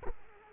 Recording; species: mosquito wingbeat signal from an infrared sensor; Culex quinquefasciatus